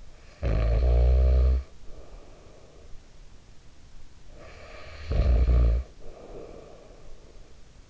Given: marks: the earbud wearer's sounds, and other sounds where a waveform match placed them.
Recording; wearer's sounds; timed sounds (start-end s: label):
sounds in sleep by an in-ear microphone; snoring breath
0.13-3.73 s: snoring breath
4.02-7.90 s: snoring breath